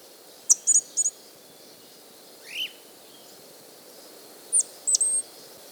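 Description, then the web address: Pale-eyed thrush giving sparse high chips and thin whistles, with a soft lower slurred note midway, against a faint steady background hiss. South America. "Natures Songs S America Pale-Eyed Thrush"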